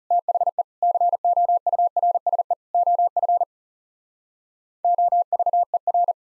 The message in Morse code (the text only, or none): THE COURSE OF OVER